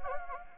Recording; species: mosquito wingbeat signal from an infrared sensor; Anopheles gambiae